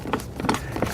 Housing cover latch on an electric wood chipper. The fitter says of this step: And you'll kind of hear it like click down.